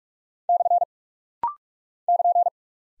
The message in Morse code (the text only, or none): / <KN>